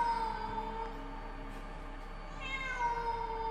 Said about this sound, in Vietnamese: Trong đêm, tiếng mèo kêu vang lên làm cho Thảo My rùng mình, kinh hãi.